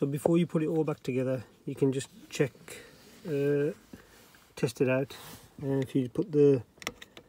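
Someone talks while handling the seat belt tongue and buckle of an Audi A6 C6, testing the sensor with its green unit before reassembly to fix a seat belt warning issue. A few faint, sharp taps come near the end, around 6.8 to 7.0 seconds. The tongue has not yet latched into the buckle, and nothing has seated or clicked.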